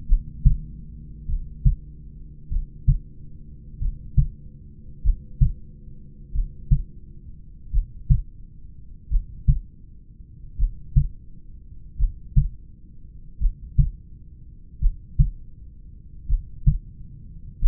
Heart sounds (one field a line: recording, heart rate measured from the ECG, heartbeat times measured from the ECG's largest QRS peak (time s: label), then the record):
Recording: heart sounds by stethoscope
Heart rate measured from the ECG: 45 bpm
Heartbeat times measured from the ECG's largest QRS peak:
0.11 s: heartbeat
1.31 s: heartbeat
2.54 s: heartbeat
3.84 s: heartbeat
5.07 s: heartbeat
6.37 s: heartbeat
7.76 s: heartbeat
9.13 s: heartbeat
10.61 s: heartbeat
12.01 s: heartbeat
13.43 s: heartbeat
14.84 s: heartbeat
16.31 s: heartbeat
17.64 s: heartbeat
From the record:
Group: heart failure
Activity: rest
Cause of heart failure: familial cardiomyopathy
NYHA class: 1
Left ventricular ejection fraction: 49%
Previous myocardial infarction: absent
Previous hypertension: absent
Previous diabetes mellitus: absent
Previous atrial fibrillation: absent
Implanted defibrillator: absent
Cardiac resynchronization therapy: absent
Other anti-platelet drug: absent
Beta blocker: bisoprolol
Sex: male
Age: 31 years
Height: 194 cm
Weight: 96 kg